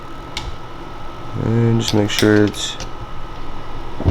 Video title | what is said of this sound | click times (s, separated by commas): Building a 6.0L LS with a stage 3 BTR cam | hear it pop into place. | 0.4 s